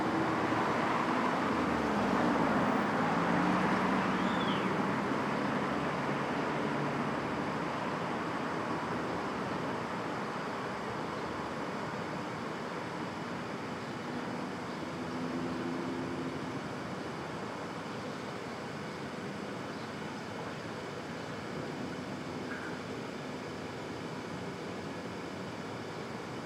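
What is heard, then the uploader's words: Street traffic at dawn in Brooklyn, a steady dense wash of road noise with no breaks. A vehicle passes early on, loudest around two to four seconds, then the roar eases slightly and holds level, with faint low engine tones drifting through. Street Traffic.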